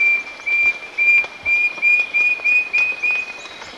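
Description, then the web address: Wing-banded Wren song of clear, pure, high whistles on one pitch, repeated in an even string. Recorded in Ecuador. "Natures Songs S America Birds of Ecuador wing-banded Wren"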